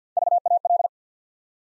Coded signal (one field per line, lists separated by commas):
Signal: Morse code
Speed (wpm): 49 wpm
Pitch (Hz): 700 Hz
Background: none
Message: VAL